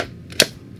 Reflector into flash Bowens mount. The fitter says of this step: and it clicks in you heard that click now the reflector is in